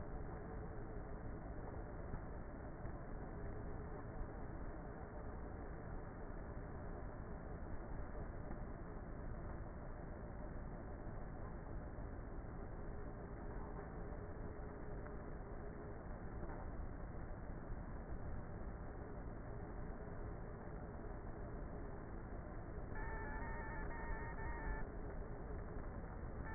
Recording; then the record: honeybee colony, microphone inside the hive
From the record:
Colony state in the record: queenless with a low population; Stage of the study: before two queens were removed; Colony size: about 30,000 bees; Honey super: no